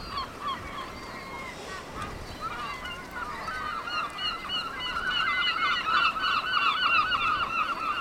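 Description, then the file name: Seabirds calling, harsh nasal notes repeated rapidly and overlapping, growing denser and louder toward the end, with a few thin drawn-out whistles mixed in. Seabirds at Cap Fréhel. "oiseaux marins au cap frehel"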